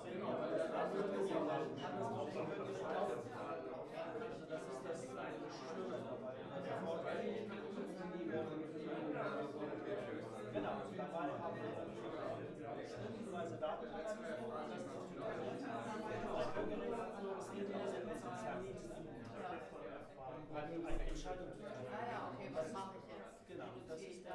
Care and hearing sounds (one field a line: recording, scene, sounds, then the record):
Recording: everyday scene through a hearing-aid microphone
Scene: many people talking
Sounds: many voices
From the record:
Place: bistro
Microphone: behind the ear, right, rear